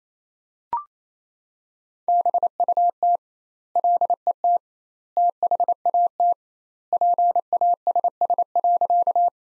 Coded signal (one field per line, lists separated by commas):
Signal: Morse code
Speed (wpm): 28 wpm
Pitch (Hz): 700 Hz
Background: none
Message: BUT LET THAT PASS.